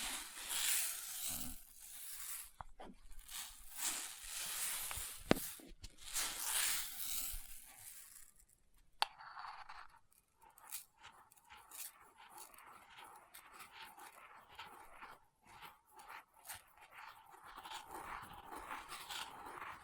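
Experimental triggers in test tubes: for the first nine seconds, bright hissing swishes rise and fall, broken by a few sharp clicks near 3, 5 and 9 seconds. After that the sound turns quieter, a dense crackle of quick taps and rustles over a faint steady tone.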